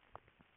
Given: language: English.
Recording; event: throat vibration sensor signal played as sound; swallow